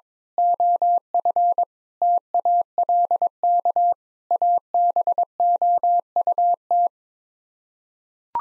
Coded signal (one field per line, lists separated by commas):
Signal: Morse code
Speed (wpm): 22 wpm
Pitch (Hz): 700 Hz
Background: none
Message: OF TALK ABOUT